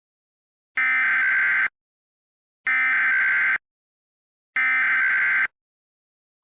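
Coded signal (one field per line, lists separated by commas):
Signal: Emergency Alert System (SAME) tones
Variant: header bursts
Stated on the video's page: Fictional EAS scenario, not a real alert.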